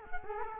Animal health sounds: mosquito wingbeat signal from an infrared sensor; Culex quinquefasciatus

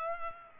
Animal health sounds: mosquito wingbeat signal from an infrared sensor; Culex pipiens

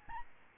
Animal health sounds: mosquito wingbeat signal from an infrared sensor; Aedes albopictus

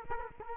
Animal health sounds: mosquito wingbeat signal from an infrared sensor; Culex quinquefasciatus

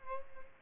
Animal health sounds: mosquito wingbeat signal from an infrared sensor; Aedes albopictus

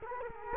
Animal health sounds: mosquito wingbeat signal from an infrared sensor; Culex quinquefasciatus

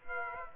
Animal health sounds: mosquito wingbeat signal from an infrared sensor; Aedes aegypti

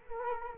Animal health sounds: mosquito wingbeat signal from an infrared sensor; Culex quinquefasciatus

